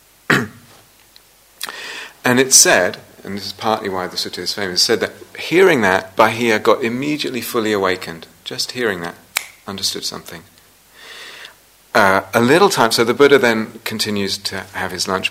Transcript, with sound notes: And it's said -- and this is partly why the sutta is famous -- it's said that, hearing that, Bāhiya got immediately fully awakened, just hearing that. [snaps fingers] Understood something. So the Buddha then continues to have his lunch.